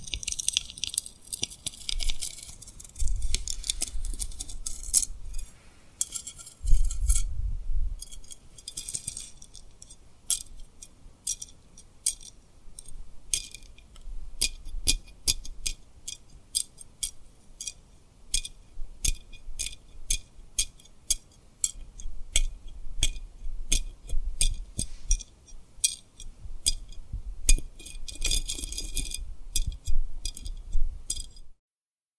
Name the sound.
Tapping & Rubbing Rhinestone Lip Triggers